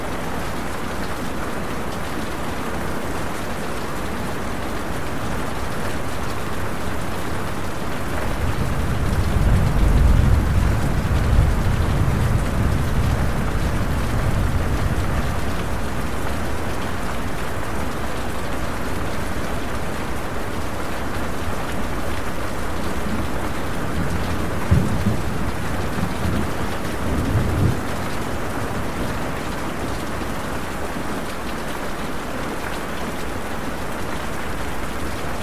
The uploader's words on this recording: Thunderstorm Sounds. Rainstorm White Noise.